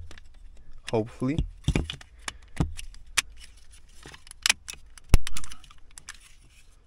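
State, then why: Seated. A new autohold/electronic parking brake button module for an Audi Q3 (8U) autohold retrofit, with hill-hold and automatic EPB on exit, is pressed by hand into the plastic center console opening while someone talks. Its retaining clips snap in one after another with sharp clicks at about 3.2 s and 4.5 s. The button module ends up seated in the console.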